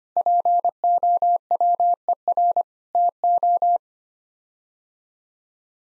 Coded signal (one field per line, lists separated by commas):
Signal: Morse code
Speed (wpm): 25 wpm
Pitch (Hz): 700 Hz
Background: none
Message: POWER TO